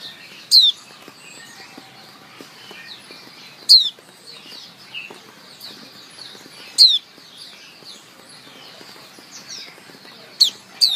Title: Suara Kicau Pleci Betina Terapi Pleci Mbisu